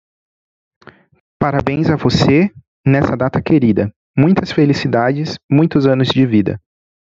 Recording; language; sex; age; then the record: short text; Brazilian Portuguese; male; 20 to 29 years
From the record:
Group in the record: control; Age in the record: 27 years